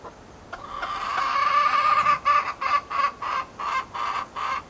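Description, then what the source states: Chicken cackling: a long, harsh, drawn-out note rising in intensity, then a string of several short, rough clucks in quick succession. Recorded in a henhouse at Appenthal.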